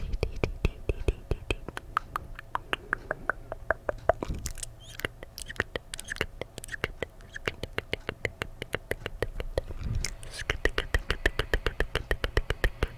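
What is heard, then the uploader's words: Dry mouth sounds with no talking: rapid, fairly regular clicks and smacks throughout, a few bursts near four and ten seconds. ASMR DRY MOUTH SOUNDS no talking.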